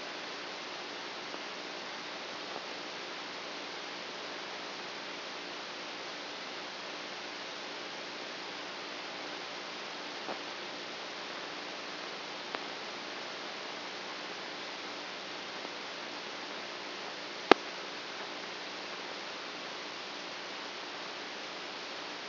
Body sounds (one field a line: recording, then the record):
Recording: brain microelectrode recording played as sound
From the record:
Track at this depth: inside the subthalamic nucleus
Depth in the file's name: 3.002 mm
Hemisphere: right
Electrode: 2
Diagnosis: Parkinson's disease